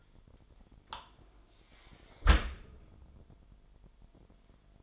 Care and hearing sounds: daily activity, microphone in the room; close dishwasher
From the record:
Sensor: 5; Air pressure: 998.4 hPa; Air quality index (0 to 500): 83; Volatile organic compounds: 1 ppm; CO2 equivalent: 944 ppm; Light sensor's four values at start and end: 21/49/20/22 and 20/48/20/22

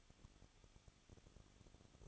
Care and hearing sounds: daily activity, microphone in the room; no activity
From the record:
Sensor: 4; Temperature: 23.1 degrees Celsius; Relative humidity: 34.3%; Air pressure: 1007.2 hPa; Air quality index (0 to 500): 216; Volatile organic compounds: 15 ppm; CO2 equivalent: 2495 ppm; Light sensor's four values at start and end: 2/3/1/1 and 2/3/1/1

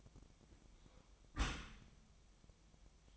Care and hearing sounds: daily activity, microphone in the room; close dishwasher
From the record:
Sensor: 1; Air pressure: 1004.7 hPa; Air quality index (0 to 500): 121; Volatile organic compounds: 4 ppm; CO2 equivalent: 1681 ppm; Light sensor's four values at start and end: 9/21/8/9 and 9/21/8/9

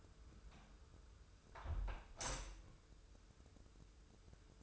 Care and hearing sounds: daily activity, microphone in the room; close window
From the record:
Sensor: 2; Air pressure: 995.6 hPa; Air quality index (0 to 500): 96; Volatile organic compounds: 5 ppm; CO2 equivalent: 1783 ppm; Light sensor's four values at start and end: 24/76/30/29 and 24/76/30/29

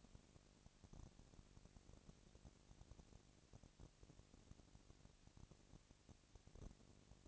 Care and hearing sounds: daily activity, microphone in the room; no activity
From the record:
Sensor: 4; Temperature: 22.5 degrees Celsius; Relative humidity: 33.4%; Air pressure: 999.6 hPa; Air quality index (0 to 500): 230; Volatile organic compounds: 20 ppm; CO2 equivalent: 2702 ppm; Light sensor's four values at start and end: 2/3/1/1 and 2/3/1/1

